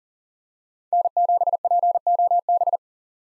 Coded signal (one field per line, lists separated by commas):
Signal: Morse code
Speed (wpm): 40 wpm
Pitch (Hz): 700 Hz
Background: none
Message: N7POB